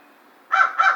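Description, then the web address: American crow uttering two short, hoarse caws close together after a brief quiet start. Recorded 2 March 2010. "Crow 2010 03 02 American Crow"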